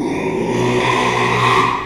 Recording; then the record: squeal of a Yucatan mini pig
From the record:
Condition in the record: after surgery on the right vocal fold (resection and tissue-engineered implant); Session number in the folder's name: 1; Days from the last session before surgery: 6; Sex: male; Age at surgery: 12 weeks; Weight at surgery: 13 kg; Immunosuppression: cyclosporine, prednisolone